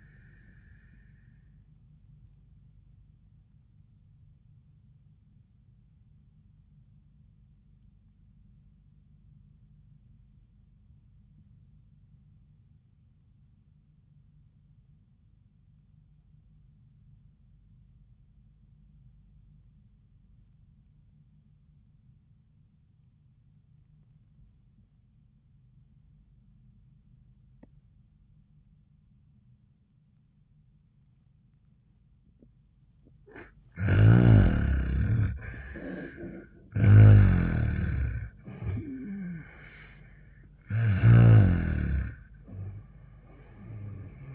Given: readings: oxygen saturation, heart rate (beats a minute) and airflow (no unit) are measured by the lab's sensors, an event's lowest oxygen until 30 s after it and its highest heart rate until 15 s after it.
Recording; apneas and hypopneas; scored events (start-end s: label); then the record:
breathing in sleep by a smartphone at the bedside; 1
6.00-34.30 s: obstructive apnea (REM, oxygen 97% highest, then 68% lowest)
27.00-44.35 s: new sleep stage, N1 (lightest sleep)
From the record:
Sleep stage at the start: REM sleep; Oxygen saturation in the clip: 59 to 97%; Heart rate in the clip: 66 to 86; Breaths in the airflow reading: 3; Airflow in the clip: -20.2 to 10.6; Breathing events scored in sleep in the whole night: 400 in 8.7 hours asleep